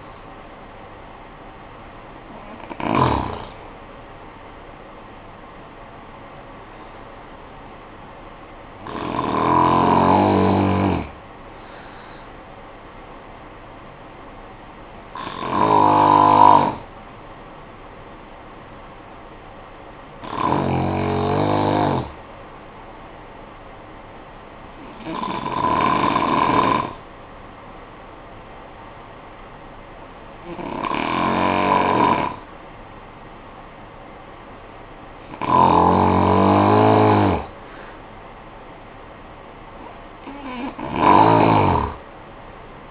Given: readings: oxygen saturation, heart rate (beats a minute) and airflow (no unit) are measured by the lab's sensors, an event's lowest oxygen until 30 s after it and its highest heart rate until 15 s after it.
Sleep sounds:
breathing in sleep by a voice recorder at the bedside; 1
17.00-37.20 s: hypopnea (N1, oxygen 95% highest, then 88% lowest, heart rate 51 at the start, 65 highest)
From the record:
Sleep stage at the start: N1 (lightest sleep); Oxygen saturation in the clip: 89 to 95%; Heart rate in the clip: 50 to 65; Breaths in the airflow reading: 8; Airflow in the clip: -11.5 to 13.6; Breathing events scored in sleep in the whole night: 445 in 7.6 hours asleep

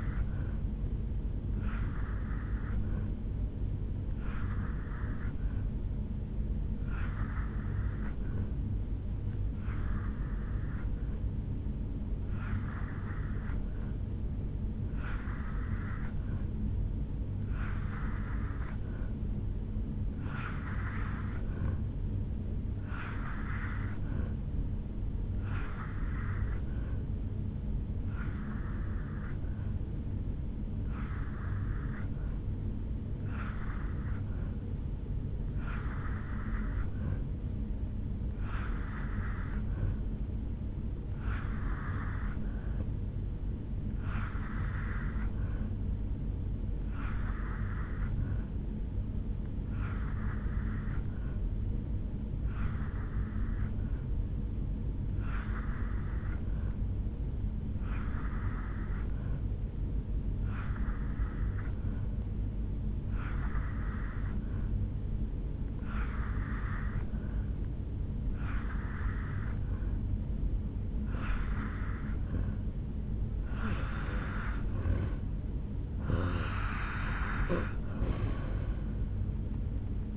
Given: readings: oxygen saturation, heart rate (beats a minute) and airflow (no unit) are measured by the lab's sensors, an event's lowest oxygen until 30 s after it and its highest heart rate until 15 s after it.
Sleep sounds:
breathing in sleep by a smartphone at the bedside; none
15.00-80.17 s: new sleep stage, N2 (light sleep)
From the record:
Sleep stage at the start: N3 (deep sleep); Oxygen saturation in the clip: 84 to 87%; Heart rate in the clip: 74 to 78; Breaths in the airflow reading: 26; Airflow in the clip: -5.5 to 2.7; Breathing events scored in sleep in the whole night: 449 in 7.0 hours asleep

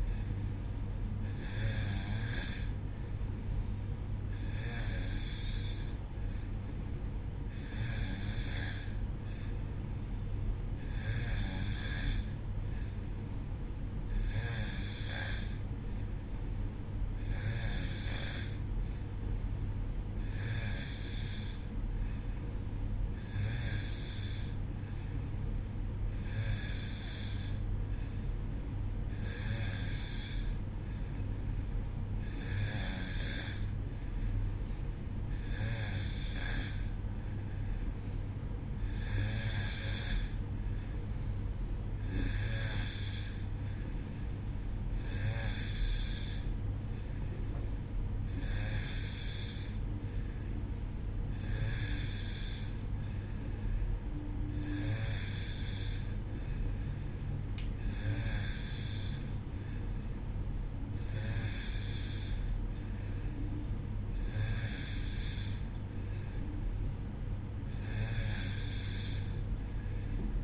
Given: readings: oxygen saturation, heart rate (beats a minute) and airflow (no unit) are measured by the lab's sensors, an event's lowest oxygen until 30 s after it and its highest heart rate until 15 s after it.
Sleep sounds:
breathing in sleep by a smartphone at the bedside; none
none scored
From the record:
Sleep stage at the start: N2 (light sleep); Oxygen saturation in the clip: 91%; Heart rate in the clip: 62 to 65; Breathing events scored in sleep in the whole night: 305 in 9.6 hours asleep

